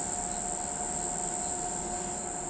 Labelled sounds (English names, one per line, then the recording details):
none
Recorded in pastures near Pivijay, Magdalena, Colombia, on 13 April 2023 at 05:00
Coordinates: 10.456, -74.369
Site P6-G026